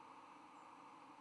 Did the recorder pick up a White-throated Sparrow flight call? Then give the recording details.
yes. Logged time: 03:15 on 10 November 2014